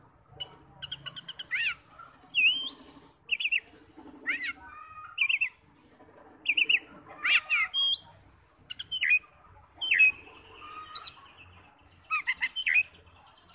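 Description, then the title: Oriental magpie-robin singing varied whistles, slurred notes and harsh chatters in short bursts. "Kacer"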